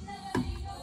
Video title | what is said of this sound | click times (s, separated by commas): Unboxing Westinghouse Blender-Bisaya | Nakalock na. | 0.4 s